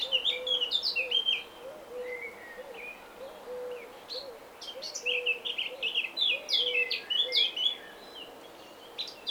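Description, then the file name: Eurasian blackcap song, bright chattering warbles in several bursts, while a soft low note repeats steadily in the background. "Sylvia atricapilla"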